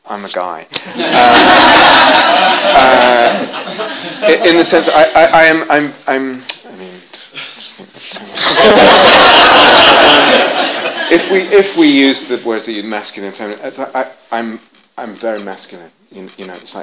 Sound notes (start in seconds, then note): 0.8 laughter; 8.3 laughter